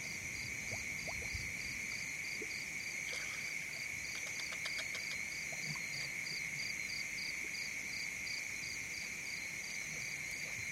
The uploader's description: Night falls in the Serengeti-Mara savanna. The deep calls of lions resonate through the plains while a hippo lazily moves in the water hole nearby. A thick insect chorus creates a constant background while distant Eagle and Scops owls can be heard occasionally.